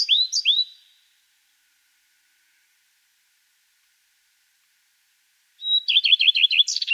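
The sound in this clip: Common redstart song: a curling, descending end flourish, a silent pause of nearly five seconds, then a fresh verse of a high note and quick repeated phrases.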